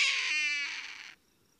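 Hawk giving a harsh, hoarse scream about a second long, with a more tonal stretch in the middle, then cut off abruptly.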